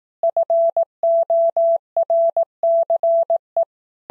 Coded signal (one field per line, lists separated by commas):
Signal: Morse code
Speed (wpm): 18 wpm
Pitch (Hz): 670 Hz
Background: none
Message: FORCE